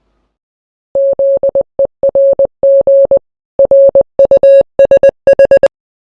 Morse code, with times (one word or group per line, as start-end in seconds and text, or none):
1.0-3.2 ZERG
3.6-5.7 RUSH